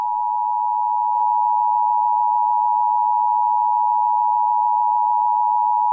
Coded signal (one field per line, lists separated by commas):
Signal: Emergency Alert System (SAME) tones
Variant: 853 and 960 Hz attention tone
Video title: EAS Scenario #1: Lost Boy